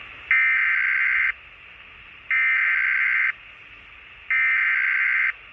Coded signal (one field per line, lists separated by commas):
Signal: Emergency Alert System (SAME) tones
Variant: header bursts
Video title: ENVIRONMENT CANADA - TORNADO WARNING - UNIDEN SDS100 6-27-2020